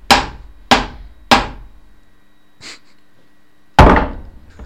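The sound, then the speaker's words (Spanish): A hammer strikes a plastic chair and rebounds back with considerable force, giving loud, hollow whacks: three evenly spaced blows, a pause with a faint light tap, then one final heavy hit, each decaying quickly with a brief resonant ring. “No, es que es plástico y al pegarle con el martillo rebota para atrás con bastante fuerza.”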